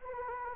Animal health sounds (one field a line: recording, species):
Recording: mosquito wingbeat signal from an infrared sensor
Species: Anopheles arabiensis